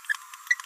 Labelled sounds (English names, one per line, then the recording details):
Green-rumped Parrotlet babbling
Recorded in a nest box in Venezuela
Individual 18B17A3